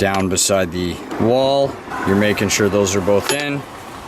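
Someone talks while handling the air filter housing lid of a Subaru air box, pressing it against the wall so its clips can engage. Nothing has seated or clicked yet; the lid is not yet home.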